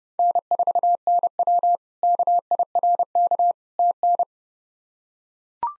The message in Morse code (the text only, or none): N4NW KIRK TN